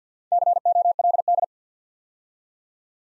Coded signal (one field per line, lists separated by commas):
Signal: Morse code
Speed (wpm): 48 wpm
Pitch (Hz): 700 Hz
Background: none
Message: COLD